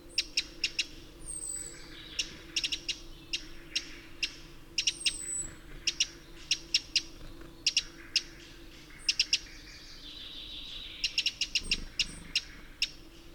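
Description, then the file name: Eurasian wren producing emphatic staccato ticks in bursts and rattling runs, with a few thin high downslurred whistles and a faint low hum beneath. "Troglodytes troglodytes"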